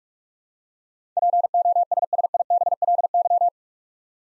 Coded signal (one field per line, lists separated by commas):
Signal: Morse code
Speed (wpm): 47 wpm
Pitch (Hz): 700 Hz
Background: none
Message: POSSIBLY